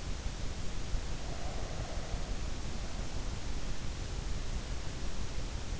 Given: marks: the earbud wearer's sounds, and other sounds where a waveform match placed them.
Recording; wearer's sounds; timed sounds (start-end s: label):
sounds in sleep by an in-ear microphone; breath
1.09-3.05 s: breath